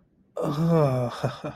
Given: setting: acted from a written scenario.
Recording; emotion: vocal sound without words; ecstasy